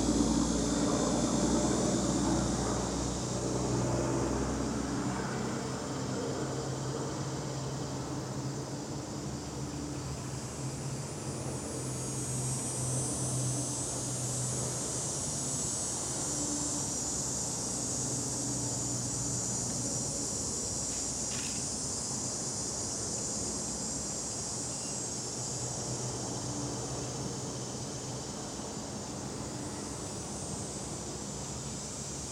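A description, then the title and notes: An outdoor dusk scene in the Catskills: a steady wash of high insect or frog chorus hangs over a low, rumbling hum, likely a passing vehicle or aircraft, loudest in the first few seconds and then settling. A brief sharp sound cuts through around twenty-one seconds. Catskills, Outdoor Dusk 2 by Bandeto.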